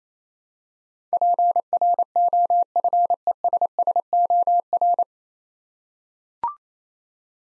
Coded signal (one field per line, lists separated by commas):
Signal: Morse code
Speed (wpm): 27 wpm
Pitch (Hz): 700 Hz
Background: none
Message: PROFESSOR